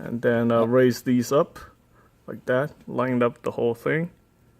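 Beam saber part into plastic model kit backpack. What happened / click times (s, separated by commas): The part is handled and lined up but not yet seated / none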